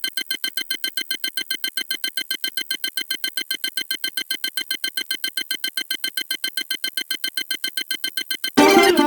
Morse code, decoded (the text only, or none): none